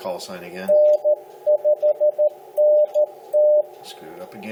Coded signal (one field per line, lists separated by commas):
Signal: Morse code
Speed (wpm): 14 wpm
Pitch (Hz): 600 Hz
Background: speech, radio noise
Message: N5NT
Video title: HOW TO use a DX Cluster for Amateur Radio